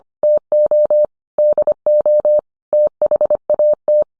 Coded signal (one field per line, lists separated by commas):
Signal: Morse code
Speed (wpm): 25 wpm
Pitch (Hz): 600 Hz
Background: none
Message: TO DO THAT